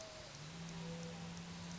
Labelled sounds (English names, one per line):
Mourning Dove